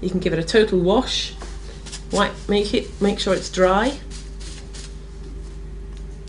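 Someone talks while handling the removable plastic grater insert from the lid of a Derwent Grate 'n' Shake paint container after it has been washed and dried. A low steady hum runs underneath, with a couple of faint ticks near the end. Nothing has seated or clicked into the lid yet.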